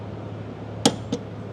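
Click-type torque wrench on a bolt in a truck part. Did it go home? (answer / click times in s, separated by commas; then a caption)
yes / 0.9 s. A click-type torque wrench set to 25 foot-pounds is pulled up on a bolt in a truck part over a steady low hum. It gives one sharp click at 0.9 s, and a fainter tick follows at about 1.1 s. The bolt is confirmed tightened to the set torque.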